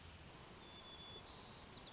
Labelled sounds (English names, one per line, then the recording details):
White-crowned Sparrow
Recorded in Sonoma County, California